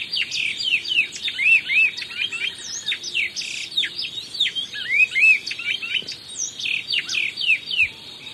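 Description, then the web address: Black-billed seed-finch singing a lively, continuous song of rapid slurred whistles. Recorded in Ecuador. "S America Birds of Ecuador. Black-billed Seed-Finch"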